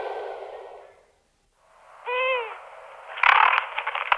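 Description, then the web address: Owl giving a single arched, harmonic-rich hoot after a burst of hiss, followed by loud crackling noise. "sons oiseaux hibou"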